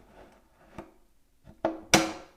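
On the second side of a soft-close cabinet drawer, the drawer's locking clip is pulled forward onto the drawer slide. A faint tap at 0.8 s and a sharp snap at 1.6 s are followed by the loudest bright click at 1.9 s as the clip clicks in. The drawer locks onto the slide.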